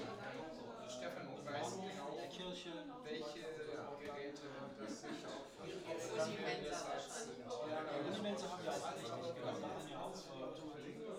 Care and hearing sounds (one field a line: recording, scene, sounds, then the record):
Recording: everyday scene through a hearing-aid microphone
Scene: many people talking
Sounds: many voices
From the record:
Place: bistro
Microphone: in the ear canal, right